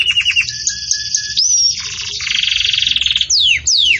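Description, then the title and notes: Canary song mixing clear whistles, short rapid notes and a dense buzzing trill, ending with two quick falling sweeps. Belgian canary song for training young birds; song style 'campainha' (bell-like). "Canto Do Canário Belga Campainha Para Encarte De Filhotes. CANARIO"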